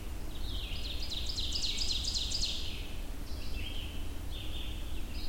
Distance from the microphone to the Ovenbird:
about 50 m